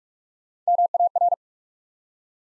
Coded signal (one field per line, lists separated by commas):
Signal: Morse code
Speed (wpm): 44 wpm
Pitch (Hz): 700 Hz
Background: none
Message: MAR